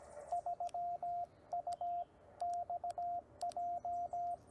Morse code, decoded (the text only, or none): 3UXJ